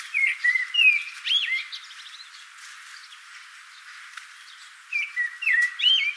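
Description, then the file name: Common blackbird singing: two fluted, warbling phrases of rich sliding whistles with high scratchy endings, separated by a few seconds of faint twittering. "Turdus merula"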